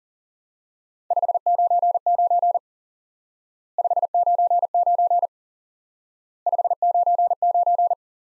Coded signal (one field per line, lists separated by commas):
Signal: Morse code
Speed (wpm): 40 wpm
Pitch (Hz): 700 Hz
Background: none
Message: 599 599 599